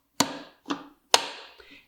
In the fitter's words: it's clicked and locked in place you can actually pour chemicals